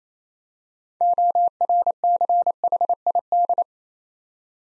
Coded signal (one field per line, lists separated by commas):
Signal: Morse code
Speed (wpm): 28 wpm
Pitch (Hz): 700 Hz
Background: none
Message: ORCHID